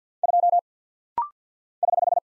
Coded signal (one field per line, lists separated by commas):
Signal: Morse code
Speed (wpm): 48 wpm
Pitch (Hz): 700 Hz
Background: none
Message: 2 <HH>